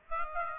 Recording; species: mosquito wingbeat signal from an infrared sensor; Aedes aegypti